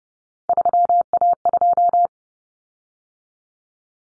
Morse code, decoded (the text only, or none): 3A2